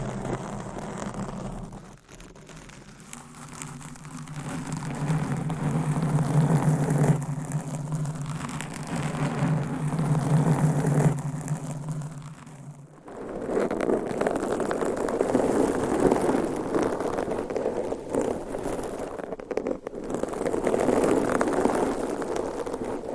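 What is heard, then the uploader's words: Muffled rubbing against a microphone cover, with a low droning hum and rustling through the first thirteen seconds. After a brief drop, denser, brighter nail scratching takes over, continuous and textured, with small dips near twenty seconds. ASMR with 400 MICS!Different Mic Covers & Nails Mic Scratching , Massage & More No Talking.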